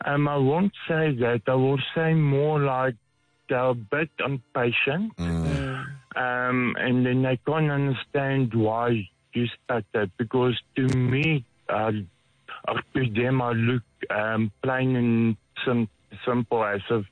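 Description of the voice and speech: An adult man calling in to a radio show speaks over a phone line in short bursts with frequent pauses. There are drawn-out fillers, a stalled restart around "start that", and a part-word repetition, "sim… simple". These are the repeats and hesitations of adult stuttering, present for about 57 years, which he calls a small disability and which is hardest on words starting with "sl".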